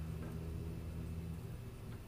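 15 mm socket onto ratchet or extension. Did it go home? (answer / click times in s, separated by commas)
no / none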